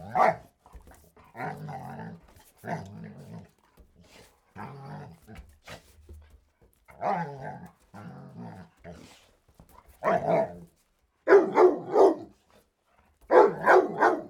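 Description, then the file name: Dog giving rough barks and growly yaps in an uneven series, then louder bursts of rapid barks in clusters toward the end. "Barking Dog"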